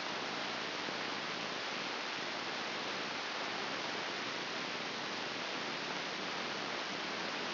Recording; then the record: brain microelectrode recording played as sound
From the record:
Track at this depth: outside the subthalamic nucleus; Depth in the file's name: 8.704 mm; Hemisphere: left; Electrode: 2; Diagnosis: Parkinson's disease